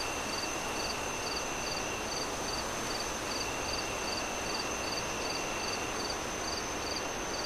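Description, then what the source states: Cricket chirping, short high pulses repeated about twice a second over a steady high whine, with constant broad rushing wind noise throughout. Crickets chirping at night, moon rising, wind howling through trees in gusts.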